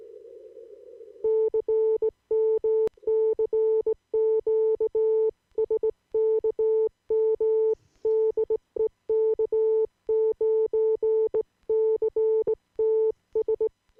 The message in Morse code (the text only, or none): CM CQ SKM DE K9CTS